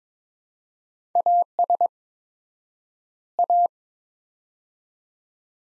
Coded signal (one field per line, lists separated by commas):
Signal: Morse code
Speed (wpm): 22 wpm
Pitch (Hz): 700 Hz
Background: none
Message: AS A